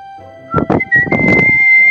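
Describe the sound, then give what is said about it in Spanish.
A thin, steady high-pitched whistle holds one note for about a second, starting partway through amid a few soft, rustling bursts and a faint lower hum. “Cuando tiene hambre la pilaraña, que es un bicho horrible, silba.”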